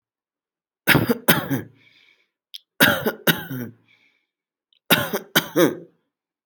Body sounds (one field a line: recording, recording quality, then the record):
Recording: shallow voluntary cough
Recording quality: excellent, no background noise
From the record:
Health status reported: healthy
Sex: male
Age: 26 years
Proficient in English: yes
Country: India